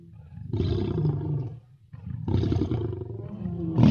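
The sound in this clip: Lion producing two low, rumbling roars with a brief gap between them.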